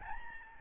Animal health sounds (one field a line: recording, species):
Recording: mosquito wingbeat signal from an infrared sensor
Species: Aedes albopictus